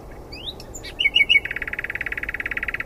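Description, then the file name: Common nightingale song: rising whistled notes and clicks, three looping chirps, then a long rapid rattle of identical notes. "Luscinia megarhynchos"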